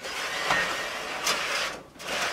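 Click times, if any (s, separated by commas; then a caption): none. An air-purifier filter/bulb cartridge for a Lennox Healthy Climate PureAir air purification system is slid into its slot in the media cabinet, producing steady broadband sliding and rubbing noise with brief louder scrapes near 0.5 s and 1.3 s and a short lull around 1.9 s. The cartridge has not seated or clicked into place yet.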